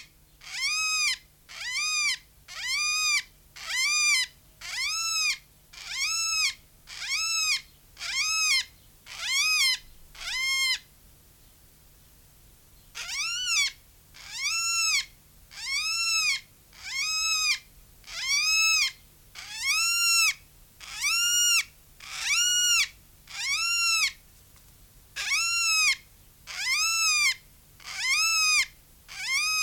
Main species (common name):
Greater Vasa Parrot